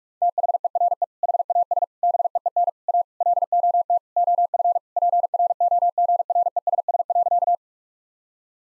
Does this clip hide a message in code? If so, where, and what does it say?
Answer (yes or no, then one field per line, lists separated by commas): yes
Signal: Morse code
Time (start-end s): 0.2-7.5 s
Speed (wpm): 42 wpm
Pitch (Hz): 700 Hz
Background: none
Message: THERE HAS BEEN A LOT OF PROGRESS.